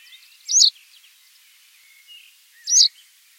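White wagtail call: a pair of loud, sharp, high chirps a little over two seconds apart, with quiet background twittering.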